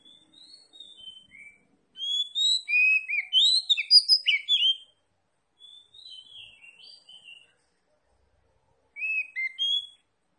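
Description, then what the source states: Oriental magpie-robin with quiet whistled notes, then a loud dense run of chirps and whistles, softer phrases and another brief burst. Kacer Tretes, described as gacor (singing vigorously).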